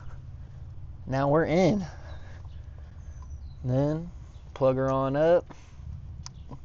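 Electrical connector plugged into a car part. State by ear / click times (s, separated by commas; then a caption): seated / 6.3 s. An electrical connector is plugged back into a car part during reinstallation while someone talks over low background noise. A sharp click at 6.3 s marks the connector seating, and it is confirmed clicked in.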